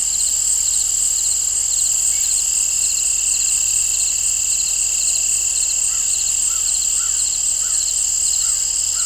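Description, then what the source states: Crickets chirp in an even high-pitched drone of pulsed trills, and near the end a bird adds a short series of quick whistled notes. Crickets and birds in an open field, nature ambience.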